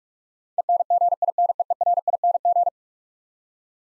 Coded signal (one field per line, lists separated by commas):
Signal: Morse code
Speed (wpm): 46 wpm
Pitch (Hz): 700 Hz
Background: none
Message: ENGINEERING